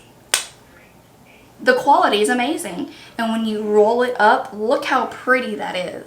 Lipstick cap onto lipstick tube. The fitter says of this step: it has like a magnetic kind of tip to it so whenever you put the lid on it it just like snaps in place